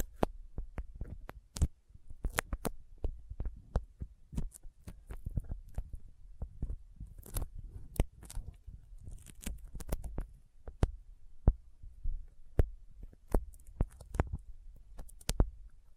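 Sticky fingers tap, press and peel apart in a quick, irregular run of sharp clicks and smacks, several a second, some much louder than others. A soft low thumping and rumble sits under the clicks throughout, steady across the whole stretch.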